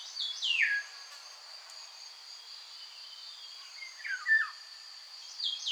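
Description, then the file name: Golden oriole fluting phrases, a descending whistle at the start and a slurred phrase later, with continuous high-pitched insect buzzing behind. "Loriot-d’Europe-Oriolus-oriolus"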